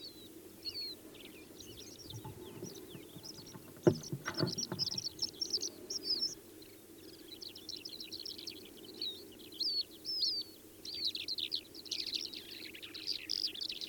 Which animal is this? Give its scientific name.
Calandrella cheleensis